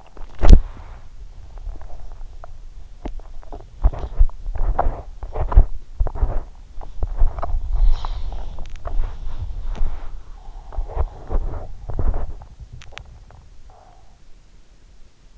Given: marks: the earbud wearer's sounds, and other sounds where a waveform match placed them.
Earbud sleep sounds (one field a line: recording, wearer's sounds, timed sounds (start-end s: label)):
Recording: sounds in sleep by an in-ear microphone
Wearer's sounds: teeth grinding, swallowing, body movement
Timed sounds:
0.00-1.04 s: teeth grinding
1.04-3.05 s: swallowing
1.04-15.37 s: body movement
3.05-6.50 s: teeth grinding
6.82-10.14 s: teeth grinding
10.66-12.60 s: teeth grinding
12.60-13.51 s: swallowing